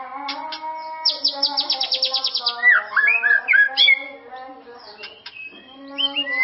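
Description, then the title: White-rumped shama song opening with a fast buzzy run of repeated notes, followed by looping slurred whistles and scattered sharp chirps over a low hum. "murai batu"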